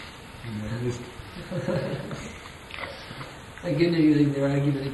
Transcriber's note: laughs